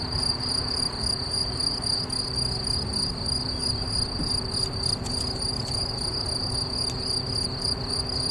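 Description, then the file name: Crickets give a steady, high-pitched pulsing trill that never pauses. A faint higher overtone rides above it, and a soft low background hum runs throughout. "Swierszcze"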